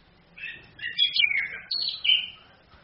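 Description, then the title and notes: Orange-headed thrush song: a short run of quick, slurred whistled phrases. Female bird; used as training audio for other birds, played from a phone screen. "ANIS KEMBANG BETINA CAS DENGAN LAYAR HP. Masteran Anis Kembang"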